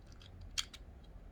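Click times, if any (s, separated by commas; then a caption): 0.6 s. A plastic dilithium crystal is pushed home into the engine chamber of a Playmobil Star Trek USS Enterprise toy starship, which must be properly seated to activate the engine. A few faint plastic ticks lead to one sharp, bright click at 0.6 s, followed by a softer tick just after. The crystal is seated.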